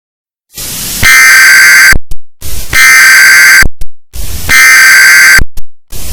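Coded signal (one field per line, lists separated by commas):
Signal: Emergency Alert System (SAME) tones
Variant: header bursts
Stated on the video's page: Joke EAS alert, not a real broadcast.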